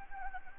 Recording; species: mosquito wingbeat signal from an infrared sensor; Anopheles gambiae